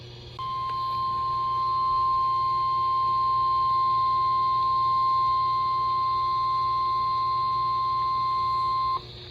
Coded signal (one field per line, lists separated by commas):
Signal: Emergency Alert System (SAME) tones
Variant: 1050 Hz attention tone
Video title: Day And Night - EAS Alerts from 8/29/24 || EAS 1,440-1,448